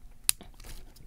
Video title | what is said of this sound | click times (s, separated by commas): OnePlus x Sharge Pouch - 10,000mAh 3-in-1 Power Bank / Charger / Cable | pop them in just like that. They're gonna lock into place. | 0.3 s